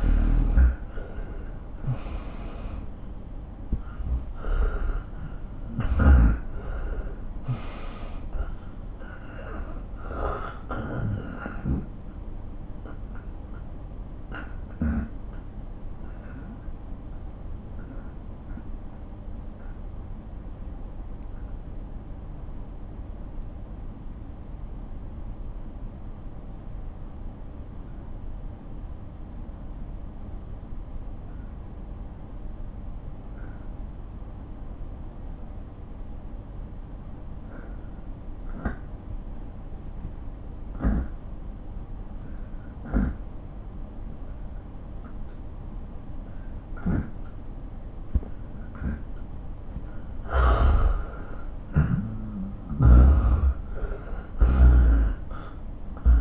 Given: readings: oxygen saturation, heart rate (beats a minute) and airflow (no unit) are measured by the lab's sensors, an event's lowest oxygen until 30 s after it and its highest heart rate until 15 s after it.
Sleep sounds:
breathing in sleep by a smartphone at the bedside; 1
11.00-45.30 s: obstructive apnea (N2, oxygen 95% highest, then 86% lowest)
37.00-56.21 s: new sleep stage, N1 (lightest sleep)
From the record:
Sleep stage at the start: N2 (light sleep); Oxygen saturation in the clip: 80 to 95%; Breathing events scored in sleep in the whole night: 217 in 6.3 hours asleep

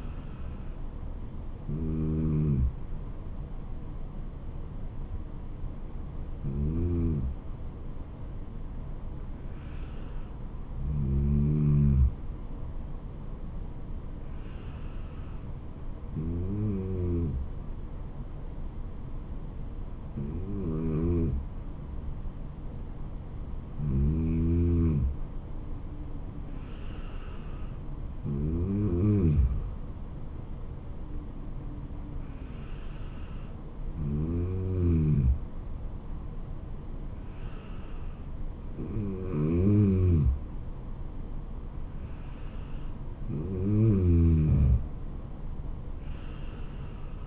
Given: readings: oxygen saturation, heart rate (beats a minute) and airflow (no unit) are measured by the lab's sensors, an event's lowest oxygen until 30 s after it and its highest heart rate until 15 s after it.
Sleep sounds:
breathing in sleep by a smartphone at the bedside; none
none scored
From the record:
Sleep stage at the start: N2 (light sleep); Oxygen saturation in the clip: 93 to 95%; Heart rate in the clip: 66 to 76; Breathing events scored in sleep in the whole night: 426 in 7.4 hours asleep

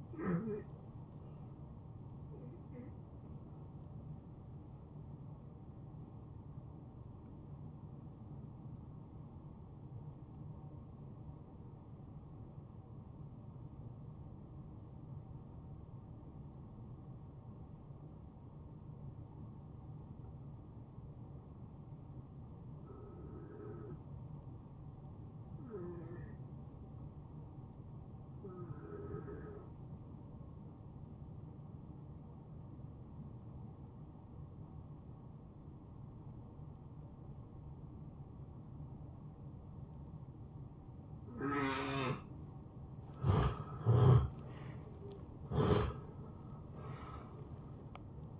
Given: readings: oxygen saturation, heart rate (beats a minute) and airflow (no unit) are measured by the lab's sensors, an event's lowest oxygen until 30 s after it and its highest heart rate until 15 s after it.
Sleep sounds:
breathing in sleep by a smartphone at the bedside; 1
7.00-37.00 s: new sleep stage, N2 (light sleep)
8.00-40.50 s: hypopnea (N2, oxygen 93% highest, then 77% lowest, heart rate 77 at the start, 80 highest)
37.00-48.40 s: new sleep stage, N1 (lightest sleep)
From the record:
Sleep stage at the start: N1 (lightest sleep); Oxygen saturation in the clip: 80 to 93%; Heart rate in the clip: 70 to 80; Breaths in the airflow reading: 7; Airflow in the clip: -21.4 to 9.5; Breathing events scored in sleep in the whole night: 263 in 5.5 hours asleep

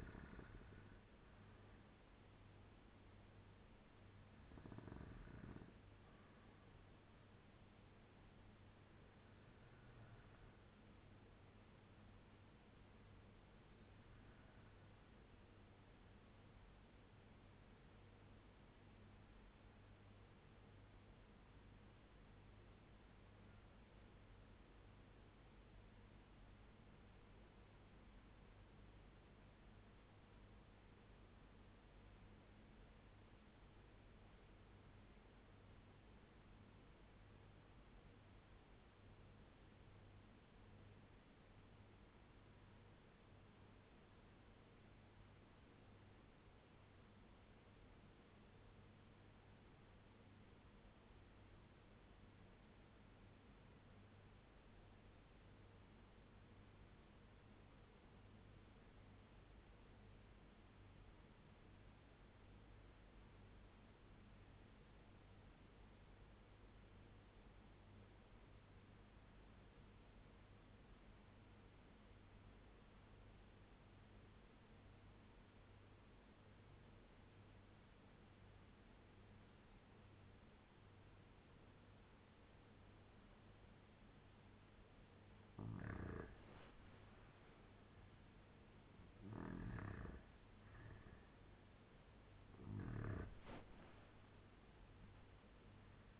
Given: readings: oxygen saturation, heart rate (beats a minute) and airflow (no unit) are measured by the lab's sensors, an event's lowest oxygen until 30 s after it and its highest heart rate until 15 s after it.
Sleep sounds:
breathing in sleep by a voice recorder at the bedside; 1
17.00-77.00 s: new sleep stage, REM sleep
18.00-86.10 s: obstructive apnea (REM, oxygen 98% highest, then 76% lowest, heart rate 83 at the start, 99 highest)
77.00-96.19 s: new sleep stage, N1 (lightest sleep)
From the record:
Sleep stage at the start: N1 (lightest sleep); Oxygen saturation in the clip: 79 to 98%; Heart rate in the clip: 78 to 97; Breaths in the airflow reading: 7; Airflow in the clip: -9.5 to 15.4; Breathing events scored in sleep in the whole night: 201 in 6.5 hours asleep

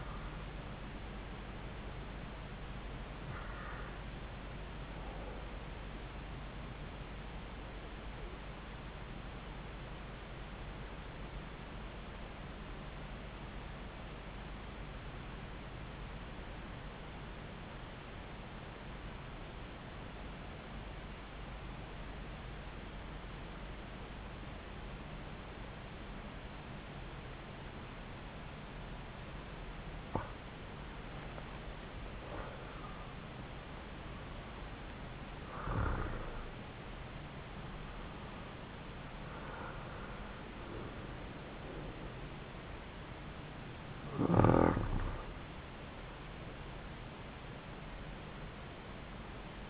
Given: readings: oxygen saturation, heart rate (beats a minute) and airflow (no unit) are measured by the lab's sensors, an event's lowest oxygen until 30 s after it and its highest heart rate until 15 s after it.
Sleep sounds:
breathing in sleep by a voice recorder at the bedside; 1
14.00-30.40 s: obstructive apnea (N1, oxygen 93% highest, then 87% lowest)
From the record:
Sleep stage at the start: N1 (lightest sleep); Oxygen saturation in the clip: 87 to 95%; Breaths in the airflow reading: 8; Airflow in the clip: -7.6 to 5.8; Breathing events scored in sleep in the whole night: 270 in 6.1 hours asleep

